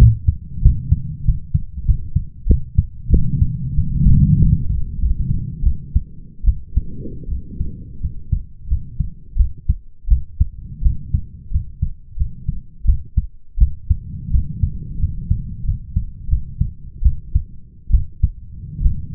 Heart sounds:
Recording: heart sounds by stethoscope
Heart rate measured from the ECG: 86 bpm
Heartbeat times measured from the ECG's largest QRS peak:
0.63 s: heartbeat
1.25 s: heartbeat
1.86 s: heartbeat
2.47 s: heartbeat
3.10 s: heartbeat
3.75 s: heartbeat
4.38 s: heartbeat
4.99 s: heartbeat
5.63 s: heartbeat
6.45 s: heartbeat
7.28 s: heartbeat
8.01 s: heartbeat
8.68 s: heartbeat
9.37 s: heartbeat
10.08 s: heartbeat
10.82 s: heartbeat
11.51 s: heartbeat
12.17 s: heartbeat
12.85 s: heartbeat
13.58 s: heartbeat
14.31 s: heartbeat
14.99 s: heartbeat
15.65 s: heartbeat
16.29 s: heartbeat
17.03 s: heartbeat
17.91 s: heartbeat
18.82 s: heartbeat
From the record:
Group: healthy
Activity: rest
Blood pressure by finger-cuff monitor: 110/71 mmHg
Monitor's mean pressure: 79 mmHg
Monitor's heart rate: 91 bpm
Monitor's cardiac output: 7 L/min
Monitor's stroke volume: 76 mL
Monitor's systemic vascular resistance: 850 dyn s/cm5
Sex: male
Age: 21 years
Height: 170 cm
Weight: 71 kg

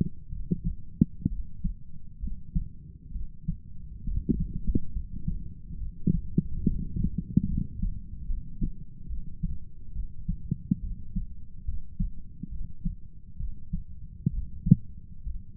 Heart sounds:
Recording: heart sounds by stethoscope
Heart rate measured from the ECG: 68 bpm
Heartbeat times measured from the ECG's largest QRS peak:
0.30 s: heartbeat
1.29 s: heartbeat
2.21 s: heartbeat
3.13 s: heartbeat
4.05 s: heartbeat
4.93 s: heartbeat
5.78 s: heartbeat
6.64 s: heartbeat
7.48 s: heartbeat
8.27 s: heartbeat
9.08 s: heartbeat
9.93 s: heartbeat
10.81 s: heartbeat
11.66 s: heartbeat
12.50 s: heartbeat
13.38 s: heartbeat
14.31 s: heartbeat
15.24 s: heartbeat
From the record:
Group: healthy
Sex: male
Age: 35 years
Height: 180 cm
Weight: 86.9 kg

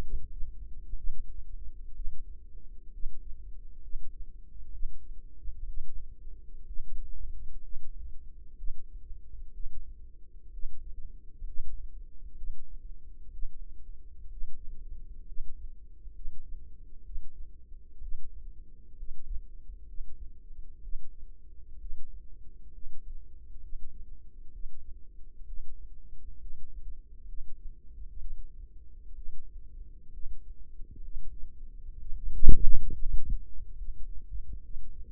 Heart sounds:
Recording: heart sounds by microphone in the left ear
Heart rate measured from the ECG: 64 bpm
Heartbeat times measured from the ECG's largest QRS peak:
0.94 s: heartbeat
1.92 s: heartbeat
2.90 s: heartbeat
3.80 s: heartbeat
4.70 s: heartbeat
5.64 s: heartbeat
6.64 s: heartbeat
7.60 s: heartbeat
8.55 s: heartbeat
9.51 s: heartbeat
10.50 s: heartbeat
11.44 s: heartbeat
12.34 s: heartbeat
13.30 s: heartbeat
14.28 s: heartbeat
15.24 s: heartbeat
16.12 s: heartbeat
17.02 s: heartbeat
17.99 s: heartbeat
18.95 s: heartbeat
19.85 s: heartbeat
20.80 s: heartbeat
21.77 s: heartbeat
22.71 s: heartbeat
23.60 s: heartbeat
24.50 s: heartbeat
25.44 s: heartbeat
26.38 s: heartbeat
27.25 s: heartbeat
28.17 s: heartbeat
29.13 s: heartbeat
30.10 s: heartbeat
31.01 s: heartbeat
31.97 s: heartbeat
32.90 s: heartbeat
33.75 s: heartbeat
34.61 s: heartbeat
From the record:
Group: healthy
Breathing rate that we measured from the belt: 16 breaths a minute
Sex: female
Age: 36 years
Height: 163 cm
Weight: 88 kg

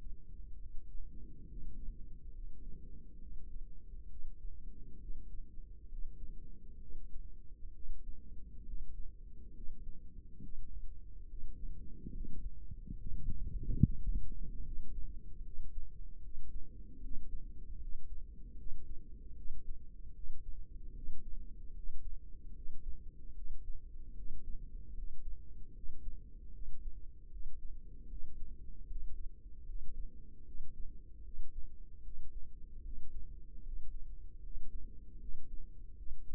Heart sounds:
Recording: heart sounds by microphone in the right ear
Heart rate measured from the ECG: 73 bpm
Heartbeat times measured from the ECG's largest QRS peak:
0.58 s: heartbeat
1.47 s: heartbeat
2.33 s: heartbeat
3.19 s: heartbeat
4.07 s: heartbeat
4.99 s: heartbeat
5.88 s: heartbeat
6.78 s: heartbeat
7.72 s: heartbeat
8.63 s: heartbeat
9.52 s: heartbeat
10.40 s: heartbeat
11.26 s: heartbeat
12.10 s: heartbeat
12.95 s: heartbeat
13.80 s: heartbeat
14.61 s: heartbeat
15.41 s: heartbeat
16.20 s: heartbeat
16.99 s: heartbeat
17.78 s: heartbeat
18.55 s: heartbeat
19.34 s: heartbeat
20.12 s: heartbeat
20.92 s: heartbeat
21.72 s: heartbeat
22.52 s: heartbeat
23.33 s: heartbeat
24.13 s: heartbeat
24.92 s: heartbeat
25.72 s: heartbeat
26.50 s: heartbeat
27.28 s: heartbeat
28.06 s: heartbeat
28.85 s: heartbeat
29.64 s: heartbeat
30.43 s: heartbeat
31.21 s: heartbeat
32.01 s: heartbeat
32.81 s: heartbeat
33.62 s: heartbeat
34.40 s: heartbeat
35.17 s: heartbeat
35.94 s: heartbeat
From the record:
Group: healthy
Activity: rest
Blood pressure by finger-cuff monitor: 92/57 mmHg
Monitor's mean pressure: 71 mmHg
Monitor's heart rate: 72 bpm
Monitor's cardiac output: 6.3 L/min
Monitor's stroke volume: 88 mL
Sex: female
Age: 32 years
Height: 172 cm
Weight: 71.7 kg

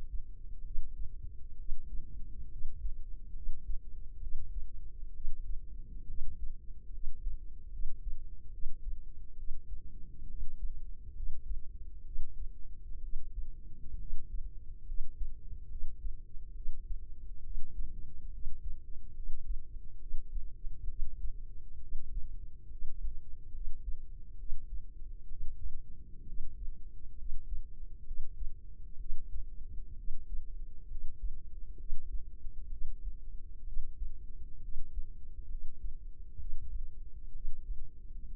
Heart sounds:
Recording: heart sounds by microphone in the left ear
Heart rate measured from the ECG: 67 bpm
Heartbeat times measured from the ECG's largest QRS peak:
0.62 s: heartbeat
1.55 s: heartbeat
2.48 s: heartbeat
3.32 s: heartbeat
4.19 s: heartbeat
5.11 s: heartbeat
6.05 s: heartbeat
6.89 s: heartbeat
7.69 s: heartbeat
8.50 s: heartbeat
9.34 s: heartbeat
10.26 s: heartbeat
11.12 s: heartbeat
12.02 s: heartbeat
12.99 s: heartbeat
13.96 s: heartbeat
14.83 s: heartbeat
15.67 s: heartbeat
16.52 s: heartbeat
17.41 s: heartbeat
18.29 s: heartbeat
19.12 s: heartbeat
19.98 s: heartbeat
20.86 s: heartbeat
21.79 s: heartbeat
22.67 s: heartbeat
23.50 s: heartbeat
24.35 s: heartbeat
25.27 s: heartbeat
26.24 s: heartbeat
27.14 s: heartbeat
28.03 s: heartbeat
28.96 s: heartbeat
29.94 s: heartbeat
30.87 s: heartbeat
31.76 s: heartbeat
32.68 s: heartbeat
33.63 s: heartbeat
34.59 s: heartbeat
35.46 s: heartbeat
36.36 s: heartbeat
37.31 s: heartbeat
38.29 s: heartbeat
From the record:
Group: healthy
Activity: cold pressor test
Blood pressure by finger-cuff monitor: 99/62 mmHg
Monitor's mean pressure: 75 mmHg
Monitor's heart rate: 67 bpm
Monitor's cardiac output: 5.5 L/min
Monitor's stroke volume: 80 mL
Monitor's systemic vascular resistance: 970 dyn s/cm5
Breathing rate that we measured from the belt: 15 breaths a minute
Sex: female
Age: 23 years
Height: 160 cm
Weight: 50.4 kg

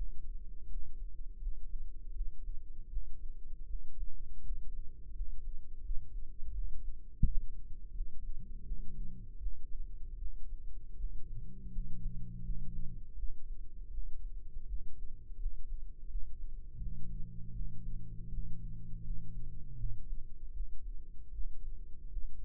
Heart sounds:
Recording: heart sounds by microphone in the right ear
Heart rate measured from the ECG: 81 bpm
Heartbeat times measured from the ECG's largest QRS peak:
0.65 s: heartbeat
1.36 s: heartbeat
2.10 s: heartbeat
2.86 s: heartbeat
3.63 s: heartbeat
4.40 s: heartbeat
5.10 s: heartbeat
5.79 s: heartbeat
6.48 s: heartbeat
7.19 s: heartbeat
7.90 s: heartbeat
8.61 s: heartbeat
9.36 s: heartbeat
10.15 s: heartbeat
10.93 s: heartbeat
11.68 s: heartbeat
12.39 s: heartbeat
13.12 s: heartbeat
13.87 s: heartbeat
14.63 s: heartbeat
15.35 s: heartbeat
16.05 s: heartbeat
16.76 s: heartbeat
17.49 s: heartbeat
18.27 s: heartbeat
19.00 s: heartbeat
19.73 s: heartbeat
20.50 s: heartbeat
21.28 s: heartbeat
22.06 s: heartbeat
From the record:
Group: healthy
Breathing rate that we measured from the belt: 17 breaths a minute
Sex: male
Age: 21 years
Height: 180 cm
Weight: 67.5 kg

